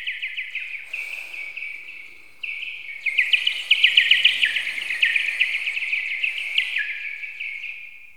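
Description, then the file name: Bird chirping in rapid high trills, about four notes a second over a steady high tone, with a louder, denser burst of notes in the middle. "Linnut"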